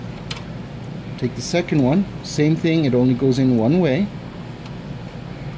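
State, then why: Seated. An internal speaker cable connector is pushed into its socket inside a Dell Optiplex 3020 desktop PC, and a sharp click at 0.3 s shows it seating. After the click, someone talks over a steady low background hum.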